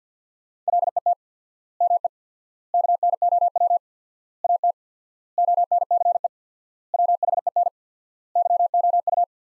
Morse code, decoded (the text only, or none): LET ME KNOW AT ONCE WHEN YOU